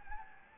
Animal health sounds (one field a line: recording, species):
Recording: mosquito wingbeat signal from an infrared sensor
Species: Anopheles gambiae